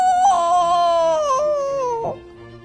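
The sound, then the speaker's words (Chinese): A human voice imitates a rooster's crow to wake everyone up: one long, sustained, high-pitched call that wavers and slowly slides downward for about two seconds before breaking off, with no other sounds. “啊，看来还是得用老办法，站在这里把大家叫醒。 哦哦哦！”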